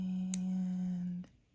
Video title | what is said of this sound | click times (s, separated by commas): Making a Bracelet Using the RounDuos from the Spun Sugar Serenade Bead Box from @Potomacbeadco | you can hear it lock into place | 0.3 s